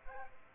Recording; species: mosquito wingbeat signal from an infrared sensor; Aedes aegypti